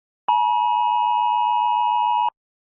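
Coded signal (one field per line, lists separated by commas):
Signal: Emergency Alert System (SAME) tones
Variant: 853 and 960 Hz attention tone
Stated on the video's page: Mock EAS alert, simulated hijacked broadcast.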